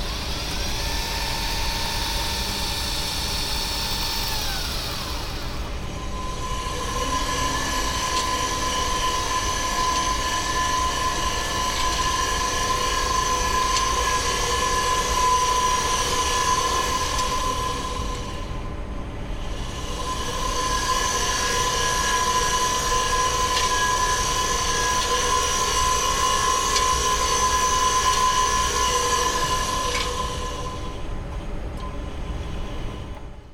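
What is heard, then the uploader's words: Prototype Mars rover wheels run in a steady, dense grinding and whirring roar, with a sustained high whine riding on top. The sound holds continuously for most of the clip, dipping briefly around 5 and 19 seconds before resuming, and thins out near the end. ESTEC - Test Of Prototype Mars Rover Wheels. Here are sounds recorded of prototypes of ESA's upcoming ExoMars rover, made in the Planetary Robotics Lab. Audible spectrum recordings are made with Uši; EMF recordings with Elektrosluch.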